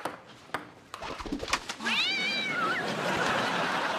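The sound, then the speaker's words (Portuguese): A few sharp, scattered taps give way to a single drawn-out cat meow, high and wavering before sliding downward, heard over a steady background hiss, in the European Portuguese dub of Hannah Montana. “Desculpa, gato bolinha.”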